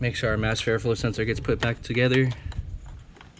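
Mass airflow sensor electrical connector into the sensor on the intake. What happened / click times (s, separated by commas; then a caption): Connector handled, not yet clicked home / none. During intake reassembly after a manual transmission fluid change on a 2018 Honda Civic Si (10th gen), the plastic electrical connector for the mass airflow sensor is being pushed onto the sensor. Someone talks for most of the clip, then faint handling noises follow. Nothing has seated or clicked yet.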